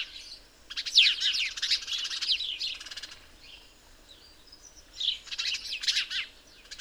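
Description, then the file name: House sparrow calls: a rapid burst of harsh chirps, quieter scattered notes in the middle, then another lively cluster near the end. "Passer domesticus"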